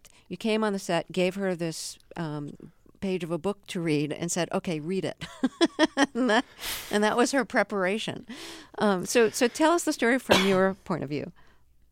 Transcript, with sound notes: You came on the set, gave her this page of a book to read and said OK, read it...
(LAUGHTER)
...and that was her preparation. So tell us the story from your point of view.